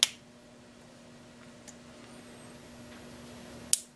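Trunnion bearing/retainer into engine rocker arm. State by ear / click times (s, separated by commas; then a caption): seated / 3.7 s. A metal trunnion bearing/retainer from a trunnion upgrade kit is pressed into an engine rocker arm after several attempts. A sharp click sounds right at the start, then a quiet stretch with a faint tick near 1.7 s, before a final sharp snap at 3.7 s. That last snap is the part seating into the rocker arm, confirming it is in place.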